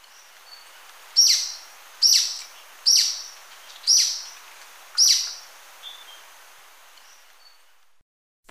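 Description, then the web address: Golden-crowned Flycatcher call: five strong, shrill high notes spaced about a second apart, then quiet, ending with a brief click. Recorded in Ecuador. "Birds of Ecuador. Golden-crowned Flycatcher"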